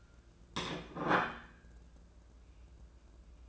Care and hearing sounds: daily activity, microphone in the room; place plate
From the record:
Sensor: 2

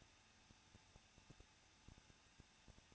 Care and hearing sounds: daily activity, microphone in the room; no activity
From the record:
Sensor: 2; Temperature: 21.0 degrees Celsius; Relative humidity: 37.5%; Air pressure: 1006.3 hPa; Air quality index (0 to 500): 223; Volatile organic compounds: 25 ppm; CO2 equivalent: 2838 ppm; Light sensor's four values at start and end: 2/3/2/2 and 2/3/2/2

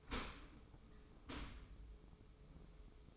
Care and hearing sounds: daily activity, microphone in the room; open dishwasher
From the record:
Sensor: 1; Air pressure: 995.9 hPa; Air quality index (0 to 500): 63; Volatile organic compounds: 2 ppm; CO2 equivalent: 1255 ppm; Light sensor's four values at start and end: 32/109/42/44 and 32/109/42/44

